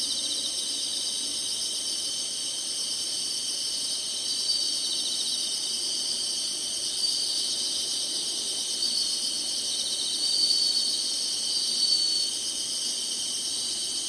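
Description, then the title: Insect chorus, unbroken shrill buzzing in several high bands. Summer. "SINGING INSECTS SUMMER"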